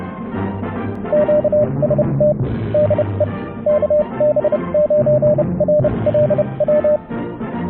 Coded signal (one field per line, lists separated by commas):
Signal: Morse code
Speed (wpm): 30 wpm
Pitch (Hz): 600 Hz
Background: radio noise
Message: QST DE KB9RLW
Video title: Ham Radio - Modifying the MX-P50M amplifier to fix keying and installing it to my desk.